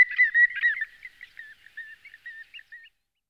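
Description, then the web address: Common greenshank calling, a quick run of clear whistled notes that slows and fades, each note short and slightly downslurred, ending in a few softer rising notes. "All the bird songs of Britain and Europe - Jean-Claude Roche. Tringa nebularia"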